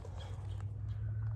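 An 18 mm steel socket is handled at the square drive of a socket wrench (ratchet), where it is to be pushed on until the detent ball catches, for removing the nuts from a tire. Over a steady low hum, a faint brief tap comes at about 0.6 s. Nothing has seated or clicked yet.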